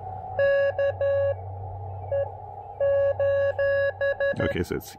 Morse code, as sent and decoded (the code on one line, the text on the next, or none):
-.- / . / ---...
K E :